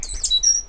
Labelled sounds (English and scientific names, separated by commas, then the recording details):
Stitchbird (Notiomystis cincta) song
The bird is a male
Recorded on Tiritiri Matangi Island, New Zealand, in 2005
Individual 8, of nest box 10